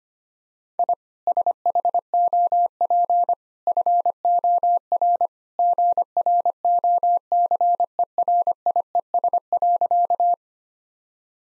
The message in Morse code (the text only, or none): I SHOP FOR GROCERIES.